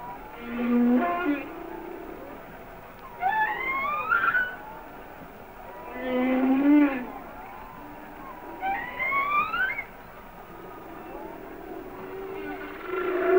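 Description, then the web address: Humpback whale song: low moans alternating with rising, whistle-like upsweeps, a phrase roughly every three seconds, with faint background hiss. "Natures Songs Whale Songs Sounds of Nature - Humpback Whales"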